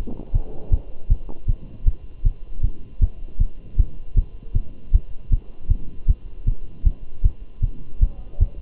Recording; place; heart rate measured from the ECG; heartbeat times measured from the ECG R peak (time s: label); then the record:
heart sounds by stethoscope; between the tricuspid and mitral areas; 156 bpm
0.35 s: heartbeat
0.73 s: heartbeat
1.11 s: heartbeat
1.49 s: heartbeat
1.87 s: heartbeat
2.26 s: heartbeat
2.64 s: heartbeat
3.02 s: heartbeat
3.41 s: heartbeat
3.79 s: heartbeat
4.18 s: heartbeat
4.56 s: heartbeat
4.94 s: heartbeat
5.33 s: heartbeat
5.71 s: heartbeat
6.09 s: heartbeat
6.48 s: heartbeat
6.86 s: heartbeat
7.25 s: heartbeat
7.63 s: heartbeat
8.02 s: heartbeat
8.42 s: heartbeat
From the record:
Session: Bruce protocol treadmill stress test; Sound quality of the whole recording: good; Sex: male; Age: 27 years